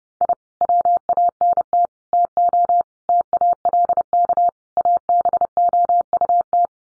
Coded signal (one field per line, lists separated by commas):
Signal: Morse code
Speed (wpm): 30 wpm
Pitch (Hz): 700 Hz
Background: none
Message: I WANT TO TALK ABOUT